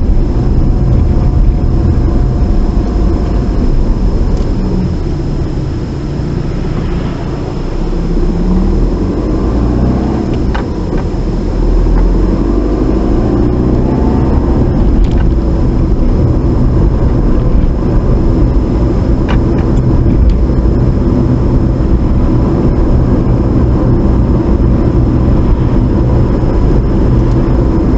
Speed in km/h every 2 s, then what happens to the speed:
26, 19, 10, 8, 18, 23, 34, 37, 42, 44, 42, 45, 45, 42.
1-6 brakes to 8. 6-16 speeds up to 42. 16-28 steady at about 42.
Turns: none.